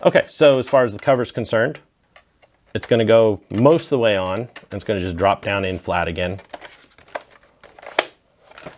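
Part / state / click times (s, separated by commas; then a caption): plastic cover onto a game console chassis over the hard drive bay / seated / 8.0 s. Someone talks while the plastic top cover of a PS4 Slim game console, over the hard drive bay, is slid most of the way on, dropped down flat and pushed home. A few light taps and clicks follow, then a sharp loud snap at 8.0 s as the cover seats in place.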